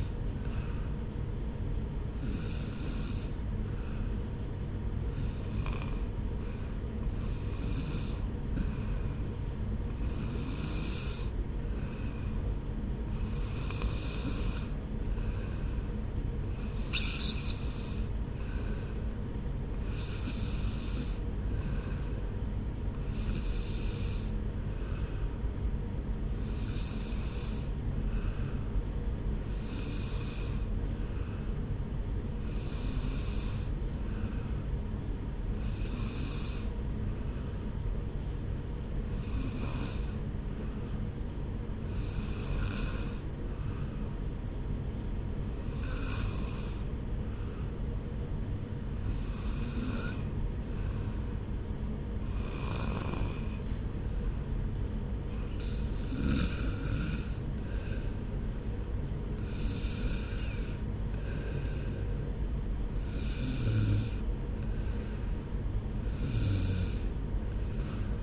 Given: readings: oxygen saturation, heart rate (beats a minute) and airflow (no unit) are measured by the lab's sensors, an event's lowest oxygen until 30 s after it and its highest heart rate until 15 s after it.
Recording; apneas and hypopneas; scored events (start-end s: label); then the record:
breathing in sleep by a smartphone at the bedside; none
41.00-68.23 s: new sleep stage, N3 (deep sleep)
From the record:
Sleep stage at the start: N2 (light sleep); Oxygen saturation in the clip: 93 to 95%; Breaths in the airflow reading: 21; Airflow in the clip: -1.7 to 2.7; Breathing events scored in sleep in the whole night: 335 in 6.7 hours asleep